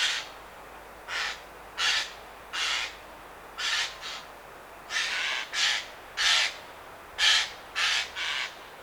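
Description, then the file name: Eurasian jay calling with hoarse, noisy screeches, single or doubled, spaced about a second apart and steadily repeated throughout. "Garrulus glandarius"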